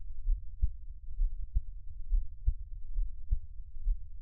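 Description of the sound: Soft, low thumps recur steadily at about 65 beats a minute, roughly five beats in four seconds, over a faint low hum, with no talking. It is an ordinary adult heartbeat at a normal resting rate, recorded close up as a Taiwanese ASMR piece for relaxation listening.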